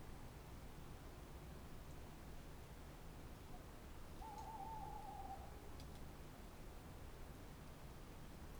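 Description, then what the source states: Tawny owl hoot, faint amid steady low rumble: a short wavering note around midway, with a few small clicks shortly after. Tawny owl at night on wooded banks of the Dordogne near Limeuil, Alles-sur-Dordogne, France, under a starry sky; end of Cadouin festival; recorded with Sonosax SX-R4+ and DPA 4022 microphones.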